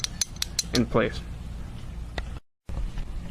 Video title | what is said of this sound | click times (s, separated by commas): طریقه باز و بسته کردن کلاشینکوف | you when you twit when you right there don't twist kind of bite zone and it locks in | 0.0 s, 0.2 s, 0.4 s, 0.6 s